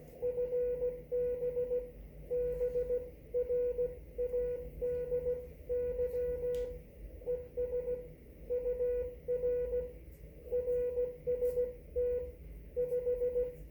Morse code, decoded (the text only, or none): FB BRADY ES UR RST 5